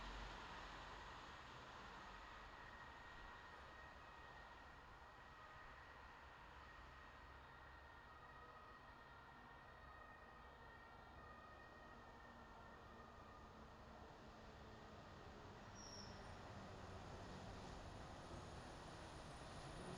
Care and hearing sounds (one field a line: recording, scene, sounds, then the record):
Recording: everyday scene through a hearing-aid microphone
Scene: in traffic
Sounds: traffic, siren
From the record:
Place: bus stop on a city main road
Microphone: in the ear canal, left